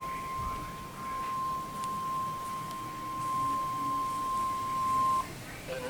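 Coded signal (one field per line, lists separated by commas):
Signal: Emergency Alert System (SAME) tones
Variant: 1050 Hz attention tone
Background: speech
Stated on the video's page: EAS tones from a Required Weekly Test and an out-of-county Severe Thunderstorm Warning.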